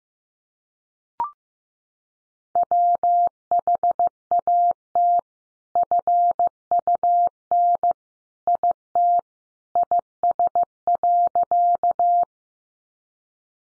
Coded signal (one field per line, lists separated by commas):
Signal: Morse code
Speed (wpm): 15 wpm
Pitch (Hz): 700 Hz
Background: none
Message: WHAT FUN IT IS.